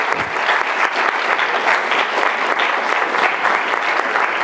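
Sustained audience applause for the panel speakers at the close of a panel session, a dense steady wash of many hands clapping at an even loudness for several seconds, with no voices standing out.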